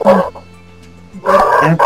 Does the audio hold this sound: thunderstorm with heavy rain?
no